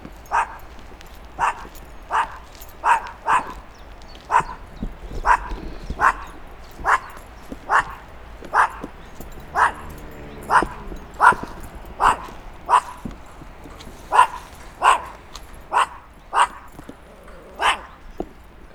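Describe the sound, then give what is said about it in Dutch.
A small dog barks threateningly at a person in repeated sharp, high-pitched yaps, about twenty in a steady, insistent rhythm with brief pauses, loud and alone without any talking. “Nu bedreigd door een hondje.”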